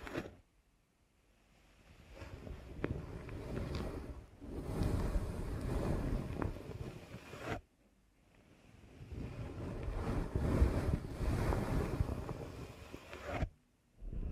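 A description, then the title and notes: Muffled rubbing of a deep ear canal massage comes in two long, dense passes, each several seconds, broken by brief near-silent pauses around one, eight and fourteen seconds. The sound is mostly low and rumbling, with soft crackles and occasional light taps on top. ASMR Deep Ear Canal Massage for Sleep (No Talking).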